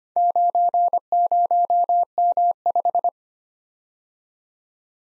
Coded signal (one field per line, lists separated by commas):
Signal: Morse code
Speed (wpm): 29 wpm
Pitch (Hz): 700 Hz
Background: none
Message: 90M5